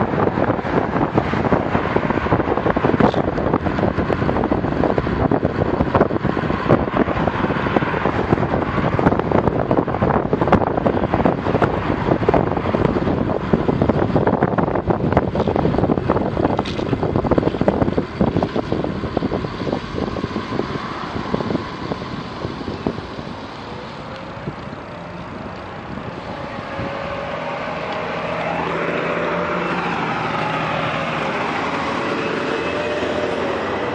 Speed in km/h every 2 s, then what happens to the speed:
38, 37, 36, 37, 38, 38, 37, 34, 30, 23, 14, 10, 6, 0, 0, 0, 0.
0-13 steady at about 37. 13-26 slows to 0. 26-34 standing.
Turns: none.